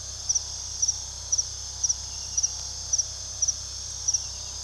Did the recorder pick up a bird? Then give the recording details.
no. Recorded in pastures near Puerto Asís, Putumayo, Colombia, on 21 February 2024 at 03:00. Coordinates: 0.486, -76.323. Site G6462